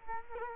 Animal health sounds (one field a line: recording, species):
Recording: mosquito wingbeat signal from an infrared sensor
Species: Culex quinquefasciatus